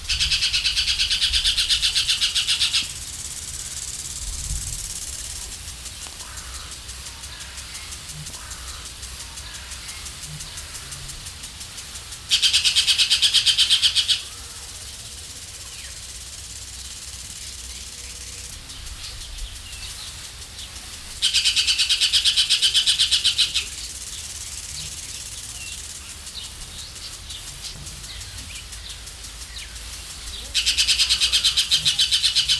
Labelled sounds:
Crested Oropendola (Psarocolius decumanus) call
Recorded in captivity
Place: Zoo Berlin, Berlin, DE
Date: 1996-06-01 13:27
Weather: sonnig, 22°C
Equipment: Sony MD-WM MZ-R3, Sennheiser MKH 416 T, Kopie Uher 4000 Report Monitor
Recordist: Tembrock, Günter
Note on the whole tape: Erregungsrufe (erst zuletzt ihn gesehen), Pfleger in der Anlage

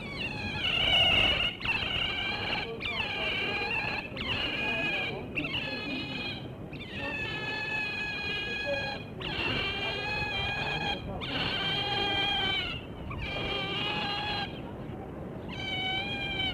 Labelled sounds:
European Otter (Lutra lutra) call
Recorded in captivity
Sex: male
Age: juvenile
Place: Tierpark Berlin, Berlin, DE
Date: 1963-04-07
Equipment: Minifon, Kopie Smaragd
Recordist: TSA

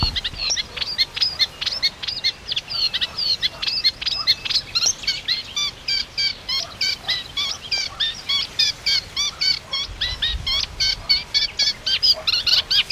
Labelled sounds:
Eurasian Reed Warbler (Acrocephalus scirpaceus) song
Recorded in the wild
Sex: male
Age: adult
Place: Mühlenbecker Land, OT Mönchmühle, Brandenburg, DE
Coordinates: 52.6464, 13.3944
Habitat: pond
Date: 1988-06-04 10:42
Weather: overcast, 18-20°C, wind
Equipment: Nagra SN, Kopie Tesla B 116
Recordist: Tembrock, Günter

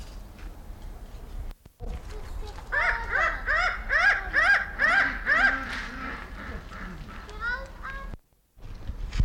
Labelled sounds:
Jackal Buzzard (Buteo rufofuscus) call
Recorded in captivity
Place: Timmendorfer Strand, Holsteinische Schweiz, Schleswig-Holstein, DE
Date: 1992-09-21 15:09
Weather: sonnig, 22°C
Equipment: Marantz CP 430, Sennheiser ME 80, Kopie Tesla B 116
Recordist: Tembrock, Günter

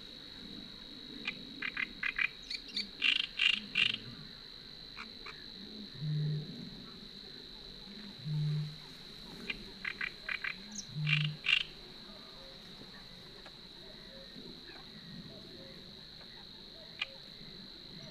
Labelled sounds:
Great Reed Warbler (Acrocephalus arundinaceus) song
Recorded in the wild
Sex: male
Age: adult
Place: Warsow, Kummerower See, Mecklenburg-Vorpommern, DE
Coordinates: 53.8342, 12.8506
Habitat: wetland
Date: 2013-05-23 19:06
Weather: cloudy, weak wind, 15°C
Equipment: Sound Devices 702, Sennheiser MKH 70, Rycote Windschutz
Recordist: Frommolt, Karl-Heinz

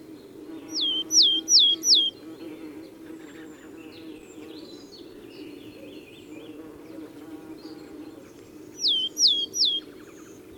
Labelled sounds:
Willow Tit (Poecile montanus)
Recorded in the wild
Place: Brunn, Mecklenburg-Vorpommern, DE
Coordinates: 53.662, 13.335
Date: 1981-04-09 18:57
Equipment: Nagra III BH, Sennheiser MD 21, parabola
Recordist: Schubert, Michael

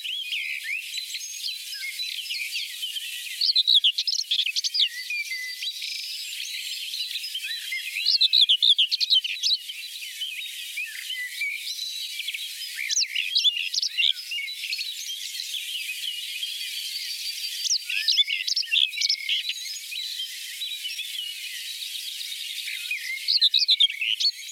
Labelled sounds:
Common Whitethroat (Sylvia communis) song
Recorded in the wild
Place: Oberrotweil am Kaiserstuhl, Baden-Württemberg, DE
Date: 1988-06-11
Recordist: Schwarz, Dieter
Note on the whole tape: Song

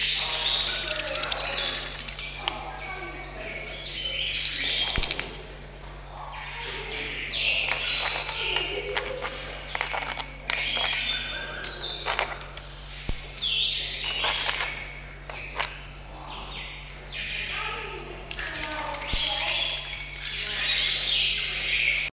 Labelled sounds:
Channel-billed Toucan (Ramphastos vitellinus) call
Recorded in captivity
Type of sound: call
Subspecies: ariel
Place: Zoo London, England, GB
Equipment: Halbspur, 9,5 cm/s
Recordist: Lütgens, Hans
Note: Dieser Arieltukan putzt sich

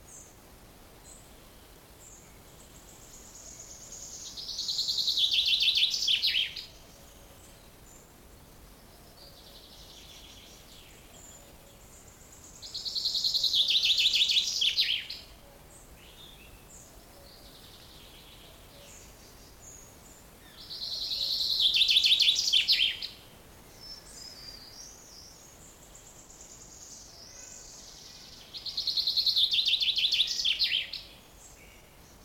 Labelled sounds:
Common Chaffinch (Fringilla coelebs)
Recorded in the wild
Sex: male
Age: adult
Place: Mühlenbeck, Brandenburg, DE
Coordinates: 52.667, 13.37
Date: 1992-05-23 13:29
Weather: 23-24°C, böiger Wind
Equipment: Nagra SN, Mikrofon AKG CK 8, Kopie Tesla B 116
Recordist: Tembrock, Günter

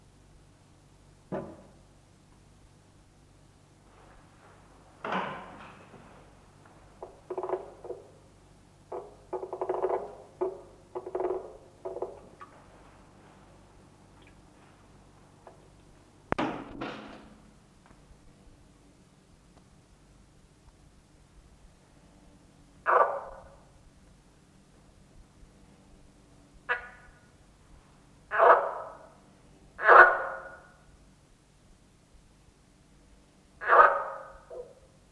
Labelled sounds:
Marsh Frog (Pelophylax ridibundus) call
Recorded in captivity
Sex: male
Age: adult
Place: Museum für Naturkunde Berlin, Berlin, DE
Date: 1966-04-25 22:30
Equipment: Smaragd, Grundig-Mikrofon
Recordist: Günther, Rainer

